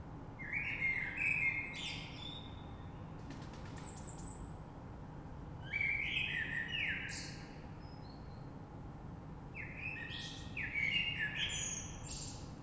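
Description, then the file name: Common blackbird song: three melodious whistled phrases several seconds apart, each with scratchy high twittering, plus a brief high squeak in one pause. Recorded 3 March 2020. "Rush Merle"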